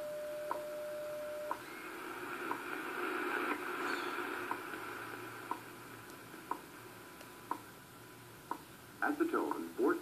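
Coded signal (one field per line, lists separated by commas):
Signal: radio time signal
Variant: WWV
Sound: faint steady tone, then sharp ticks once a second, then a voice starts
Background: radio static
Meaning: Each tick marks one second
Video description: WWV 25Mhz on Yaesu FRG-100 received N.L. Mex. 15:00 utc, 5/oct/2014.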